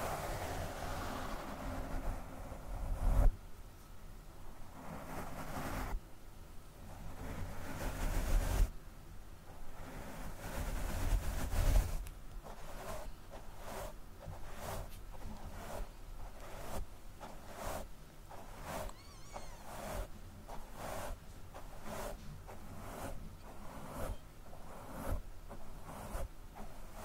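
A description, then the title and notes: Brushing and scratching against a mic, with rough, rumbling swipes and a low hum through the first twelve seconds, peaking around 3, 8 and 11 seconds. After that the sound turns to fast tapping: quick, regular, crisp hits repeating steadily to the end. ASMR Mic Brushing, Scratching, & Fast Tapping (No Talking).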